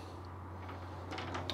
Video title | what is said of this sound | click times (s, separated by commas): 2021 Winnebago® Navion™ - FIRST LOOK | that locks and locks in place i'm | 1.5 s